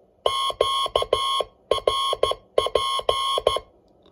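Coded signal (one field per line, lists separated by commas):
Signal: Morse code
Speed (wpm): 14 wpm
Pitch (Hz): 1080 Hz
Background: none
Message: QRP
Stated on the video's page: CW contact on 40 meters from a crystal-controlled MXM SupeRX/TX transceiver on 7030 kHz.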